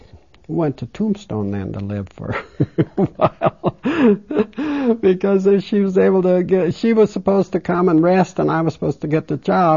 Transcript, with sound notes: We went to Tombstone, then, to live for a while. (She laughs.) Because she was able to get, she was supposed to come and rest and I was supposed to get the job.